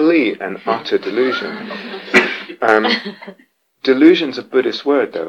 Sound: laughter

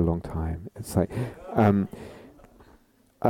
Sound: laughter

